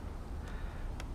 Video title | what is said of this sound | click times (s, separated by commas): Mercury F9.9ELPC carburetor replacement. Model 1F10452BK S/N OR790223 Would not idle. Fixed. | and then it clips right on there, right? | 1.0 s